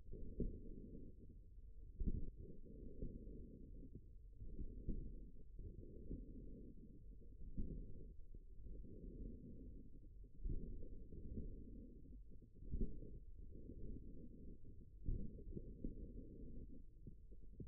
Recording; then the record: forearm muscle sounds (acoustic myography)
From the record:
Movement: forearm supination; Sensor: system 1, eight BSWA MPA416 microphones around the upper forearm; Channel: 7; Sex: male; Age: 54 years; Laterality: right